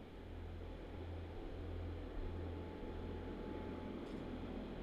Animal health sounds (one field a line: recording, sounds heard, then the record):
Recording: poultry house recording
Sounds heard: no chicken sound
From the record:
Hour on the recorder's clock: 17